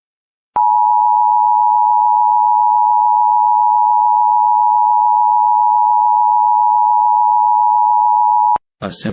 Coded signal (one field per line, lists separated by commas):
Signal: Emergency Alert System (SAME) tones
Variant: 853 and 960 Hz attention tone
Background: speech